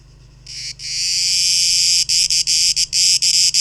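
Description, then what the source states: Cicada buzz begins after a short quiet start, swells into a sustained shrill drone, then breaks into choppy bursts separated by brief gaps. Recorded 12 August 2023.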